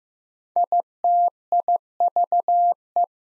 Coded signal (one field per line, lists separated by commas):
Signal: Morse code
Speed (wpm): 15 wpm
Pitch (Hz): 700 Hz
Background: none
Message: ITIVE